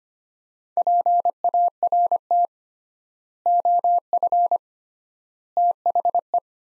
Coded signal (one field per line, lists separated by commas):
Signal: Morse code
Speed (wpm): 25 wpm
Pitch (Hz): 700 Hz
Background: none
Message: PART OF THE